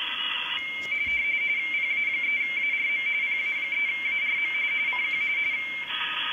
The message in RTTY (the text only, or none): PA3ARM PA3ARM CQ